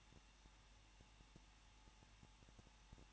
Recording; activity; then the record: daily activity, microphone in the room; no activity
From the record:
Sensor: 1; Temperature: 20.1 degrees Celsius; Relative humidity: 39.1%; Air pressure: 1006.3 hPa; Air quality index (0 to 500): 217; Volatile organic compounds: 76 ppm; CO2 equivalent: 3574 ppm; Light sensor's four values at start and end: 1/2/1/1 and 1/2/1/1